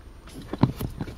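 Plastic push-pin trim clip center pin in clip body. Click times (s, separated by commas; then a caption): 0.6 s. The center pin of a plastic push-type trim clip is pushed further into the clip body with a small screwdriver until it gives a sharp click at 0.6 s, releasing the clip. Softer taps and scrapes come before and after it.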